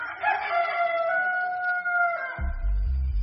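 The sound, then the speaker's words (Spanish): A rooster crows once, a long, drawn-out call with a rising then sustained ringing tone lasting about two seconds, followed by a sudden low, steady rumble. “Una vez más, Pedro lo negó, y enseguida cantó un gallo.”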